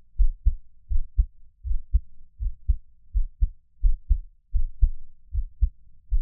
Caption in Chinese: 【ASMR】獻上我的心跳 | Give my Heartbeat。 NO Talking。 每月的心跳聲記錄😊 Monthly heartbeat recording😊。